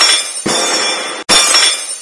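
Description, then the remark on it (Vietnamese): Several teacups fall and shatter in a loud, bright burst of breaking ceramic, followed by a second crash after a brief gap, with tinkling shards filling the rest. “Chỉ thấy mấy chén trà đều rơi xuống, phát ra tiếng vỡ nát.”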